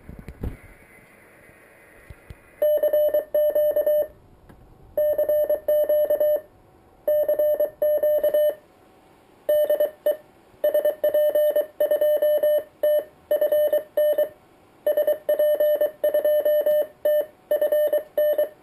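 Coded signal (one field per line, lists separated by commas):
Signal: Morse code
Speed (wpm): 23 wpm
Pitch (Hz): 600 Hz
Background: none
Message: CQ CQ CQ DE SP2TFN SP2TFN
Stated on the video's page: CQ call.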